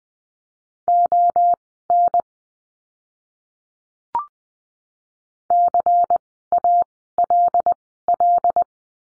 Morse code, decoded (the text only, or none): ON CALL